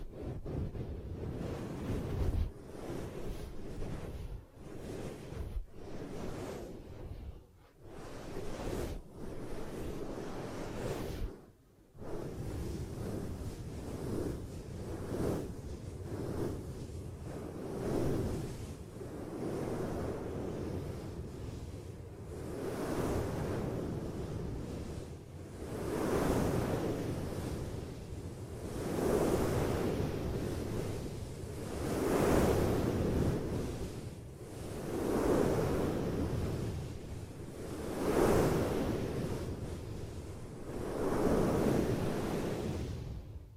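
Ear cupping triggers: muffled, rushing swells that sound like surf, mostly low and thick. The first twelve seconds are choppy, with brief cut-outs and quick taps, then the sound settles into slow, regular waves of pressure roughly every three seconds.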